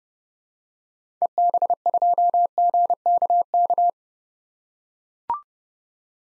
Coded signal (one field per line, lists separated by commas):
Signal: Morse code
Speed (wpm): 30 wpm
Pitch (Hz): 700 Hz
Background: none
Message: EB2GKK